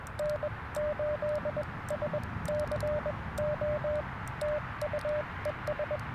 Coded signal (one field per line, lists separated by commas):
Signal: Morse code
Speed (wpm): 21 wpm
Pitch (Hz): 590 Hz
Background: none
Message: N8SCO TU ES